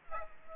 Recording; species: mosquito wingbeat signal from an infrared sensor; Aedes aegypti